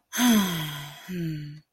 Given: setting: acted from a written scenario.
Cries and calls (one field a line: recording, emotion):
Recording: vocal sound without words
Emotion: romantic love